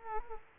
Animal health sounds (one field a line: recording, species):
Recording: mosquito wingbeat signal from an infrared sensor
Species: Culex quinquefasciatus